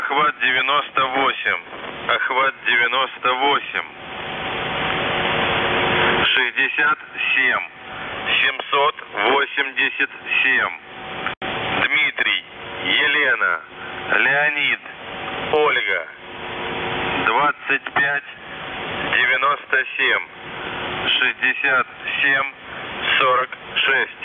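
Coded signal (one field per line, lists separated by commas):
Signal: coded military voice message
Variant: Russian, The Goose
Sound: russian male voice reading callwords, phonetic-alphabet names and number groups over shortwave static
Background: radio static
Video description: "The Goose" is a Russian military radiostation that broadcasts on 4310 kHz at daytime and on 3243 kHz at nighttime.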